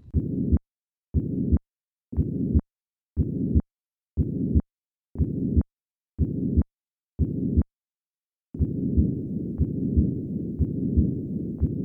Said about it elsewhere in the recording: Patent Ductus Arteriosus. To demonstrate how this continuous murmur peaks at the second heart sound, I will begin with the systolic component of this murmur and then add the diastolic component.